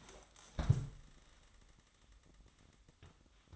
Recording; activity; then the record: daily activity, microphone in the room; stand up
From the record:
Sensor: 3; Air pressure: 1005.0 hPa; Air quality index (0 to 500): 88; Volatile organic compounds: 3 ppm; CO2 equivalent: 1350 ppm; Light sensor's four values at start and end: 9/21/9/9 and 9/20/8/8